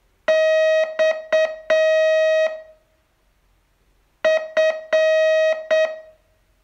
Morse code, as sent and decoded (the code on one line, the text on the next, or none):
-..- / ..-.
X F